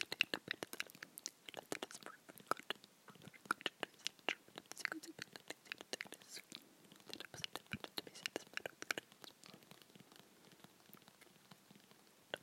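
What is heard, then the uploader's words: Fingertips tap on a glass box in quick, uneven bursts, each tap a crisp, bright click. The tapping is dense for the first nine seconds, then thins and softens toward the end, over a near-silent background with faint whispering. Tapping with my fingertips on a glass box.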